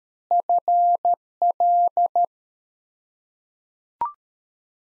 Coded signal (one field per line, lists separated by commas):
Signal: Morse code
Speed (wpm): 13 wpm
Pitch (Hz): 700 Hz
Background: none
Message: FL